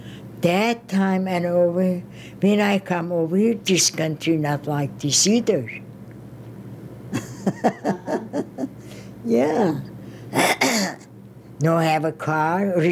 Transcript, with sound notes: That time and over, when I come over here, this country not like this either. ( she laughs ) Yeah. No have a car.